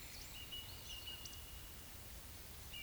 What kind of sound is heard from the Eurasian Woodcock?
whistle, croak